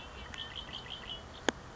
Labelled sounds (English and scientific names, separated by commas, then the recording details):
Red-winged Blackbird (Agelaius phoeniceus)
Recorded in Sonoma County, California